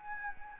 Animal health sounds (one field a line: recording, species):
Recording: mosquito wingbeat signal from an infrared sensor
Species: Anopheles gambiae